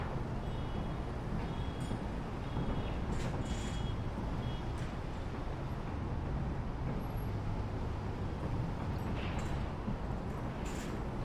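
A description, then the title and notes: A steady, dense low rumble of engines fills the front passenger deck during landing, with brief faint squeaks, clanks and a short high whine. Seattle Inbound Front Passenger Deck Landing And Disembark Stereo. A days' worth of round-trips on the Seattle-Bainbridge Island Ferry, nearly all short fore-and-aft from then passenger and car decks.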